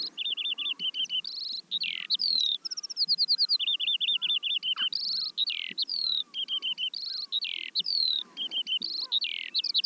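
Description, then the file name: Eurasian skylark song, a steady flow of repeated high trills and chirped phrases, with some low background noise. "veldleeuwerik"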